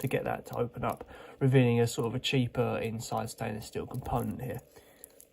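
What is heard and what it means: Someone talks while handling the stainless steel double fold-over deployment clasp, with safety buckle and two push-button deployments, on the bracelet of a Bulova Classic 98B359 quartz watch; the clasp is opened to show its stainless steel inner component, and the buckle is judged a little flimsy. Two faint sharp ticks come near 5.0 s and 5.2 s, but the clasp has not yet clicked shut and nothing has seated.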